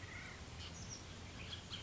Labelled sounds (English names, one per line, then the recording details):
Bullock's Oriole
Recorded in Sonoma County, California